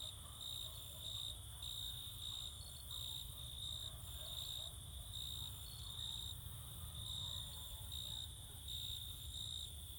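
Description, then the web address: Crickets singing in steady pulsed chirps, high and shrill, over a continuous high drone and a low rumble. Crickets singing close in summer fields in the evening or night. "Sculp Tunes - Summer in the field - Crickets and Cicadas"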